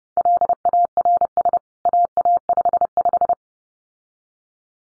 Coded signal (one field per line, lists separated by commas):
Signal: Morse code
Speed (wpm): 30 wpm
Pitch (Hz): 700 Hz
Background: none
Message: LARS AA55